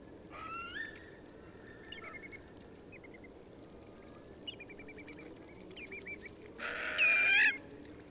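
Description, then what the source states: Eurasian curlew calls: faint rising whistles and short trilled phrases scattered throughout, then a louder, harsher burst of calling near the end. A flock taking off.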